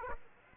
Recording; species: mosquito wingbeat signal from an infrared sensor; Aedes aegypti